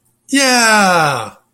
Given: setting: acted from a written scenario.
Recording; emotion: vocal sound without words; triumph